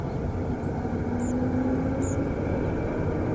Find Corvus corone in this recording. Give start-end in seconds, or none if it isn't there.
none